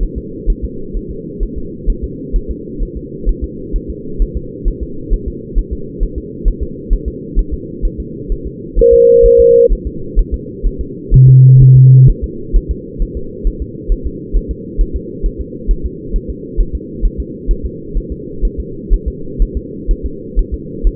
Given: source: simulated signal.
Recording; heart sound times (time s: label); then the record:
fetal heart sounds
0.03 s: S1
0.18 s: S2
0.50 s: S1
0.65 s: S2
0.97 s: S1
1.11 s: S2
1.43 s: S1
1.58 s: S2
1.90 s: S1
2.04 s: S2
2.36 s: S1
2.51 s: S2
2.83 s: S1
2.97 s: S2
3.29 s: S1
3.44 s: S2
3.76 s: S1
3.90 s: S2
4.22 s: S1
4.37 s: S2
4.68 s: S1
4.83 s: S2
5.13 s: S1
5.28 s: S2
5.59 s: S1
5.73 s: S2
6.03 s: S1
6.18 s: S2
6.48 s: S1
6.63 s: S2
6.93 s: S1
7.08 s: S2
7.39 s: S1
7.54 s: S2
7.85 s: S1
8.00 s: S2
8.32 s: S1
8.47 s: S2
8.79 s: S1
8.94 s: S2
9.26 s: S1
9.40 s: S2
9.72 s: S1
9.87 s: S2
10.19 s: S1
10.34 s: S2
10.66 s: S1
10.81 s: S2
11.14 s: S1
11.29 s: S2
11.62 s: S1
11.77 s: S2
12.10 s: S1
12.24 s: S2
12.56 s: S1
12.71 s: S2
13.02 s: S1
13.17 s: S2
13.47 s: S1
13.62 s: S2
13.92 s: S1
14.07 s: S2
14.37 s: S1
14.51 s: S2
14.81 s: S1
14.96 s: S2
15.26 s: S1
15.41 s: S2
15.71 s: S1
15.86 s: S2
16.16 s: S1
16.30 s: S2
16.61 s: S1
16.75 s: S2
17.05 s: S1
17.20 s: S2
17.51 s: S1
17.66 s: S2
17.98 s: S1
18.12 s: S2
18.45 s: S1
18.60 s: S2
18.94 s: S1
19.08 s: S2
19.42 s: S1
19.57 s: S2
19.91 s: S1
20.06 s: S2
20.39 s: S1
20.54 s: S2
20.87 s: S1
From the record:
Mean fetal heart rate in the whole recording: 130 bpm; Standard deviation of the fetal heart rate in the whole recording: 4 bpm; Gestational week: 38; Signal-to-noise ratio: -4.3 dB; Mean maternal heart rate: 72 bpm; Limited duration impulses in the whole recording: present